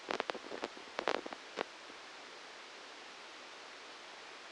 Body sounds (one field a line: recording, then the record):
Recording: brain microelectrode recording played as sound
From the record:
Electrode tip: outside the subthalamic nucleus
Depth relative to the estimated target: -6 mm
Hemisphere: left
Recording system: NeuroSet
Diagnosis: Parkinson's disease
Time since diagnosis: 13 years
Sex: male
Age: 63 years